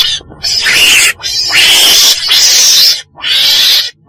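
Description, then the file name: Weasel screeching in harsh, hissing bursts, four rasping cries with short gaps between. Described as a black weasel (chồn đen) calling. "tieng chon den keu"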